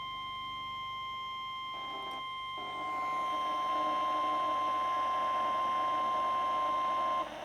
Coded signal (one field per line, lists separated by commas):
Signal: Emergency Alert System (SAME) tones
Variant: 1050 Hz attention tone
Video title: REQUIRED WEEKLY TEST (EAS ALERT 131)